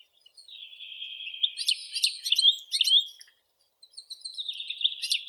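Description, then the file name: European goldfinch song opening with a drawn-out, slightly nasal note that breaks into quick tinkling twitters, pauses briefly, then continues with a wavering note. "Golosa ptic - CSHegol Carduelis carduelis"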